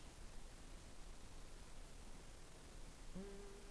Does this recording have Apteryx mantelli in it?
no